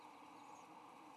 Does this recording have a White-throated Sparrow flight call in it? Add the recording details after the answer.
no. No flight call is heard. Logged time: 11:32 on 15 November 2014